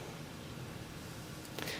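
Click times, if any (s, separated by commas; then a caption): 1.6 s. Two CR123A batteries sit in a replica laser aiming device housing, and its battery compartment lid is pressed down against them until it latches. Over steady low background noise, one faint click is heard at 1.6 s as the lid clicks shut and seats.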